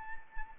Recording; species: mosquito wingbeat signal from an infrared sensor; Anopheles arabiensis